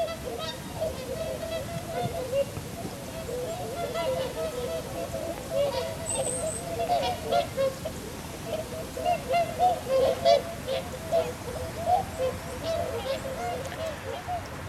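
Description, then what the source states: Whooper swans calling as a flock: a dense, continuous chorus of overlapping honking and bugling notes with no pauses, and a single brief high squeak partway through. About 300 whooper swans on a stubble field near St Andrews in winter, recorded from a wood about 20 feet away; the calling is described as an incredible racket.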